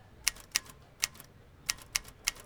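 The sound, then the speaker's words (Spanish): Sharp, bright clacks of a manual typewriter, used by scribes to fill in documents and forms, strike in an uneven rhythm, about six keystrokes over a couple of seconds with a short pause midway, no voices. “Pero nunca, nunca va a desaparecer la máquina de escribir manual, porque necesitan llenar documentos o formatos que no se pueden llenar en un computador.”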